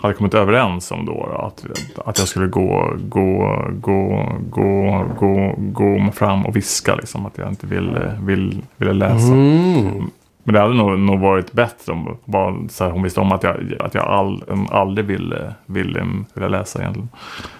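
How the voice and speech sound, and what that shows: An adult man speaks Swedish with stuttering. One word is repeated six times with short pauses between the repetitions. Other words are also repeated two or three times, and there are part-word breaks. He has stuttered since age 10.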